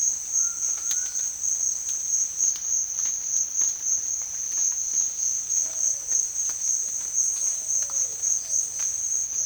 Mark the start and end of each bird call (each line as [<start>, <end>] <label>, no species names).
[0.05, 1.32] bird call
[5.38, 9.45] bird call